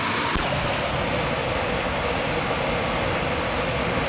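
Nesobia mjobergi producing two short, high, tonal chirps about three seconds apart over a steady hiss.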